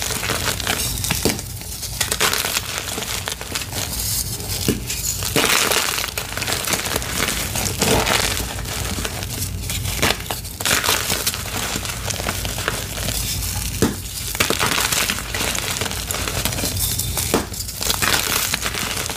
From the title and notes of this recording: Fresh & Dyed Blocks Random Gym Chalk Crushing Compilation. Nonstop asmr crushing sounds.